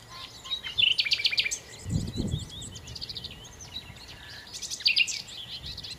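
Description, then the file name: Common nightingale song: bursts of rapid repeated high notes and buzzy phrases, with a brief low thump midway. "Nachtigall"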